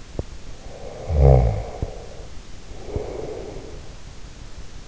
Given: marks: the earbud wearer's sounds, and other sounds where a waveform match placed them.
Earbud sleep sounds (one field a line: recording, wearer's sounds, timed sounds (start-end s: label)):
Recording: sounds in sleep by an in-ear microphone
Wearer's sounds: teeth grinding, snoring breath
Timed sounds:
0.00-0.41 s: teeth grinding
0.55-3.99 s: snoring breath